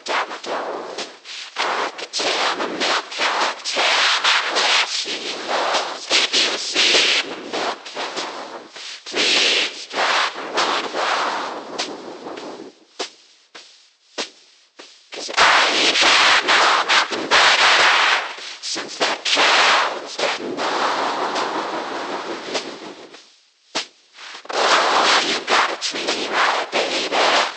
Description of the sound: Snare and Vocals, Cochlear Implant Simulation.